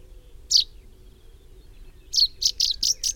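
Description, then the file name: Common chaffinch calls: one sharp high note, then a quick run of five short bright notes close together, over a faint low hum. "Fringilla coelebs"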